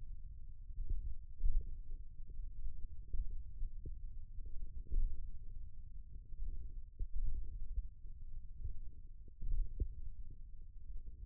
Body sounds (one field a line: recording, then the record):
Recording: forearm muscle sounds (acoustic myography)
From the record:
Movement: thumb flexion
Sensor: system 1, eight BSWA MPA416 microphones around the upper forearm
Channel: 6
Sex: male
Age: 28 years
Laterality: right